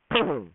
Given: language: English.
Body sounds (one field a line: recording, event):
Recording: throat vibration sensor signal played as sound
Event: throat clearing